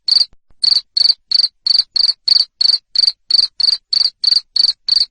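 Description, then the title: Cricket chirping loudly and regularly, short buzzy pulses roughly three per second after a hesitant start. Loud cricket chirping used to stimulate lovebirds to sing continuously. "Suara JANGKRIK NGERIK Keras Bikin LOVEBIRD Jadi NGEKEK Terus Vubey"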